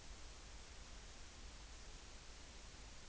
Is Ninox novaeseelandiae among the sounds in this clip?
no